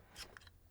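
The release pin on the USB-C wall charger of a Fujifilm X-S20 camera is pulled down, and the plug-in prong adapter is taken off the charger. After a soft rustle, a short sharp click sounds at 0.4 s, followed by a fainter tick at 0.5 s. The adapter is released.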